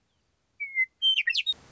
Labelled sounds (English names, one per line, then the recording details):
Western Meadowlark
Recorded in Sonoma County, California